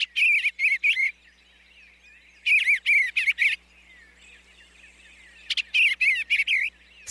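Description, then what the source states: Eastern Bluebird song: three short bursts of warbled notes, each about a second long, with quiet gaps between them. Played as an example in a radio segment.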